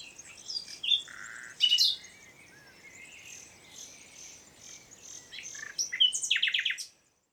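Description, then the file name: Common nightingale with varied short whistles and buzzy notes, ending in a quick series of repeated sharp notes. "Luscinia megarhynchos"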